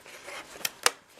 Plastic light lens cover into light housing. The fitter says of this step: it down and it'll pop back on